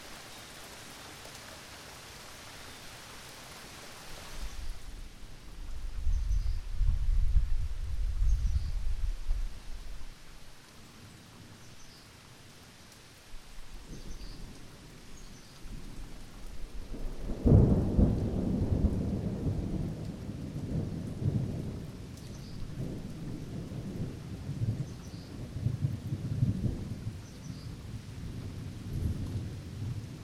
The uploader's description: the wind blows, the thunder rumbles, the rain falls steadily but gently, sirens wail in the distance